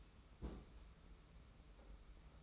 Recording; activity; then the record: daily activity, microphone in the room; place on stove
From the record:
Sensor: 1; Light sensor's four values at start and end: 36/116/45/47 and 36/116/45/47